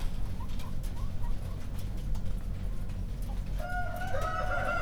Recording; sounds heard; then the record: poultry house recording; healthy chickens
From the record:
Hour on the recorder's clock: 0